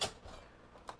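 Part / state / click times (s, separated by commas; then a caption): ambulance stretcher into vehicle floor cot mount / seated / 0.9 s. An ambulance stretcher (cot) is rolled gently all the way into the ambulance, eased in to spare a possibly hurting patient, until its frame engages the floor locking mount. A loud broadband knock opens the clip, followed by a low thump and quiet rolling. A sharp click at 0.9 s marks the cot locking securely into the floor mount.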